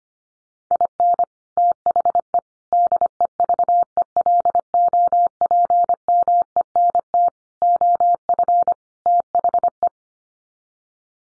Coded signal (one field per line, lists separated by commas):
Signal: Morse code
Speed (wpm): 25 wpm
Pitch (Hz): 700 Hz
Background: none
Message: IN THE DEVELOPMENT OF THE